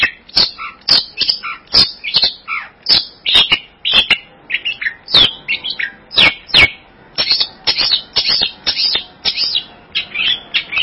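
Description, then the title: Bird song: harsh, buzzy high notes delivered in quick irregular bursts, with brief pauses between phrases throughout. "burung online"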